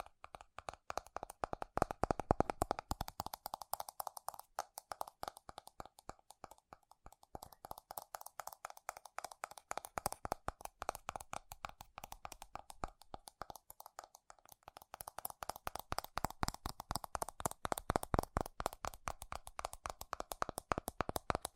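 Fast, furious tapping on metal, a dense stream of sharp bright clicks with brief lulls around seven and fourteen seconds.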